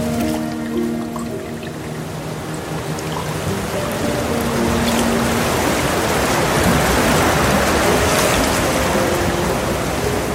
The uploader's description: piano music and the gentle sounds of a soft water stream